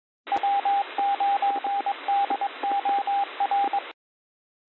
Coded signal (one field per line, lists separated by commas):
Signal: Morse code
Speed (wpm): 22 wpm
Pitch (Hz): 800 Hz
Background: radio noise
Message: W9DOR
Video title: STURGEON BAY AMATEUR RADIO, GOODMORNING NET, FRIDAY, 2023 12 29 07 59 51